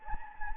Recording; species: mosquito wingbeat signal from an infrared sensor; Anopheles gambiae